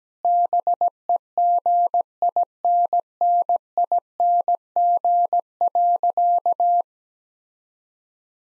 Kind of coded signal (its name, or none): Morse code